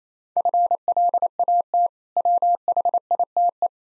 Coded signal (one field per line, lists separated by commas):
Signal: Morse code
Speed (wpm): 27 wpm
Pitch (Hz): 700 Hz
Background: none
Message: FLAT WHITE